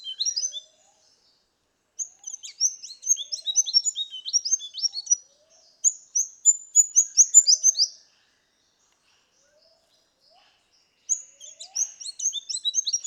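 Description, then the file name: Rufous fantail calls: bursts of sharp, high chittering notes, each run lasting a few seconds, separated by silent gaps. "Rhipidura Rufifrons"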